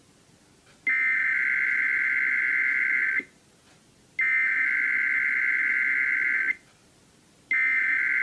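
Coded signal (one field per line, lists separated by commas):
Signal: Emergency Alert System (SAME) tones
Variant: header bursts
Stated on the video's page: Compilation of EAS required weekly and monthly tests from radio and TV stations, one a failed test.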